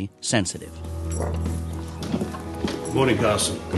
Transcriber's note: Soundbite of PBS, Downtown Abbey